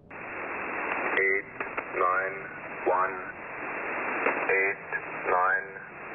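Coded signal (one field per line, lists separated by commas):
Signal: numbers station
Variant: E06, English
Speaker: here's an example this is a clip from the nsric's recording of a station referred to in their listing as e06 the english man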